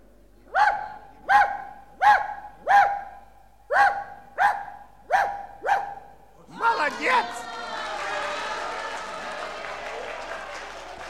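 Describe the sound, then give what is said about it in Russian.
A dog barks eight times, counting out the number of vertices of a cube, in a steady, evenly spaced rhythm, each bark short, sharp and fairly high-pitched, followed by a wash of clapping and crowd noise. “Это собака, чтобы мне у нее спросить.”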